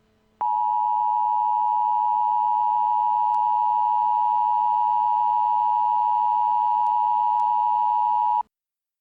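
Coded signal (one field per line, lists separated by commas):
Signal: Emergency Alert System (SAME) tones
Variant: 853 and 960 Hz attention tone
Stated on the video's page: Valid EAS tones in a fictional scenario, made with EAS Creator software.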